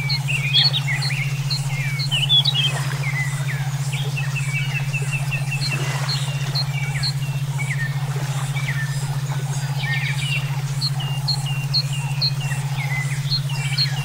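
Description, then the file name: Several songbirds chirping and twittering at once, with a short run of repeated notes midway, all over a steady low throbbing tone. Brainwave therapy for training songbirds (omkicau). "terapi brainwave omkicau"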